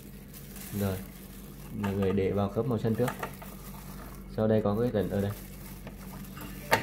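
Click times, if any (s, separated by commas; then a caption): 6.7 s. Someone talks while a thermal ribbon roll is fitted onto the green hub of a RING 412PEI+ barcode label printer's ribbon spindle and pushed along its groove. A short, sharp click at 6.7 s signals that the ribbon roll core has snapped onto the hub and seated.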